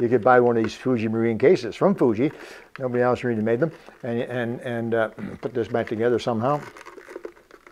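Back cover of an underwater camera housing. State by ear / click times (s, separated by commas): not seated / none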